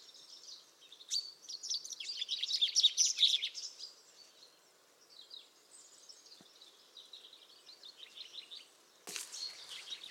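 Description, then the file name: Common chaffinch song, a dense burst of notes lasting about two seconds, followed by quieter bird calls and a sharp noise near the end. "Fringilla coelebs"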